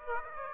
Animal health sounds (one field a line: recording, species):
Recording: mosquito wingbeat signal from an infrared sensor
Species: Aedes aegypti